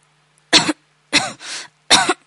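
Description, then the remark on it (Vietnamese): Three short, stifled coughs spaced apart, with a raspy breath drawn after the second one. Someone is trying to hold the coughing back, with no talking. “Trình Nhất Tạ cố kiềm lại cơn ho”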